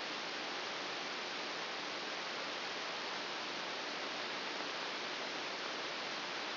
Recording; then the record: brain microelectrode recording played as sound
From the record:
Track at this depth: inside the subthalamic nucleus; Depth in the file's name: 1.205 mm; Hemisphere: right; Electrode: 2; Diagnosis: Parkinson's disease